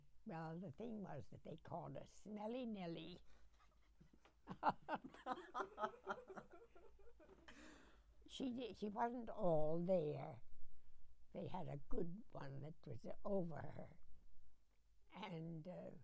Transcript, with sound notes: Well, the thing was that they called her "Smelly Nelly." (they all laugh heartily) She didn't, she wasn't "all there." They had a good one that was over her and,